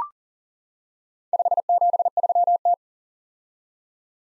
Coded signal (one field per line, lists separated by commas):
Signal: Morse code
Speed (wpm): 40 wpm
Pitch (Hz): 700 Hz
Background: none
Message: 573T